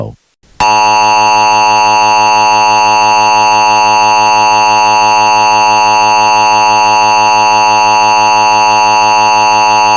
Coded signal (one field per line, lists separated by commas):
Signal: Emergency Alert System (SAME) tones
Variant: 853 and 960 Hz attention tone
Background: speech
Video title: EAS MOCK-United States Nuclear Attack